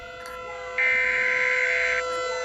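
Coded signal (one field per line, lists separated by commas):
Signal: Emergency Alert System (SAME) tones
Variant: header bursts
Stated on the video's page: Fictional Acid Rain Warning EAS alert.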